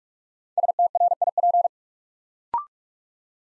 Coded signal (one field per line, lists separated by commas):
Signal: Morse code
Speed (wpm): 44 wpm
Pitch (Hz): 700 Hz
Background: none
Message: STRIP